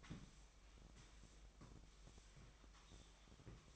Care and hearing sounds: daily activity, microphone in the room; sweep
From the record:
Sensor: 1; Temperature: 24.7 degrees Celsius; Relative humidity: 39.7%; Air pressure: 1001.6 hPa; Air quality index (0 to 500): 220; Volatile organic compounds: 29 ppm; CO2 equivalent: 2933 ppm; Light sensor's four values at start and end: 8/30/10/12 and 8/30/10/12

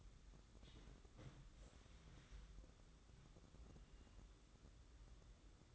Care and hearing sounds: daily activity, microphone in the room; wipe stove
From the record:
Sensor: 3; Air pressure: 996.1 hPa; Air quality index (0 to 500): 92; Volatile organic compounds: 11 ppm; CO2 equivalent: 2270 ppm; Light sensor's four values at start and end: 26/81/34/28 and 26/81/34/29

